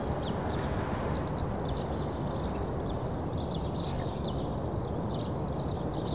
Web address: The BBC Sound Effects Library (Suburbia) Early Morning Suburban Birds